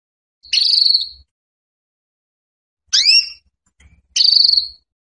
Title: Canto Para Esquentar Canário Belga. Suara Kenari Betina Birahi Minta Kawin